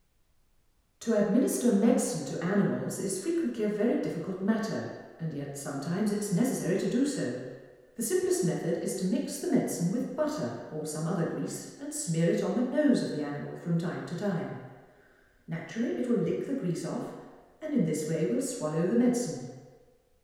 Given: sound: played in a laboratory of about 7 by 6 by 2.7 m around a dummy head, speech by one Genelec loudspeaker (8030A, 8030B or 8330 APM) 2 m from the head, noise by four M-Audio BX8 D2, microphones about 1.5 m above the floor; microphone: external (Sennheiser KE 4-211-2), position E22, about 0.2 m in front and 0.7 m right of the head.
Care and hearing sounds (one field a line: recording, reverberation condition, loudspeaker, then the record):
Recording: female speech in English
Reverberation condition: high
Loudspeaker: 150 degrees to the right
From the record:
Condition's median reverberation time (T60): about 1300 ms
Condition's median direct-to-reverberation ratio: about -4.0 dB